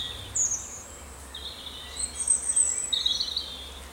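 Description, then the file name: Bird song, thin high whistles and short trilled phrases, with faint steady background noise. "Victoria Arlidge - Relaxing Birdsong"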